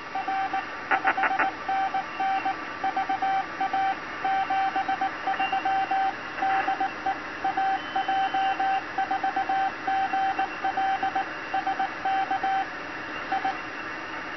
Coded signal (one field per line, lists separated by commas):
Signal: Morse code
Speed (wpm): 19 wpm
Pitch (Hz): 770 Hz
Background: radio noise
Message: R 5NN VA 73 DE AJ4GL SK I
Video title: Arduino Nano automated CW straight keyer morse code robot